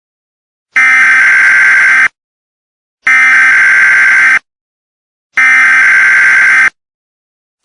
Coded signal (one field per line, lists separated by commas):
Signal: Emergency Alert System (SAME) tones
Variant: header bursts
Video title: Permanent Total Solar Eclipse An EAS Scenario